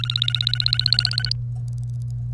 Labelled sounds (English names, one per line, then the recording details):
Domestic Canary song
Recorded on 1 May 2018 at 09:33
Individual llb3